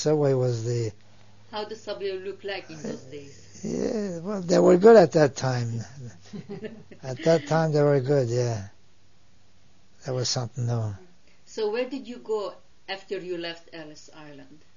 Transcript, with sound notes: The subway was the...
How the subway look like in those days?
Well, they were good at that time. (she laughs) At that time they were good, yeah. They were something new.
So where did you go after you left Ellis Island?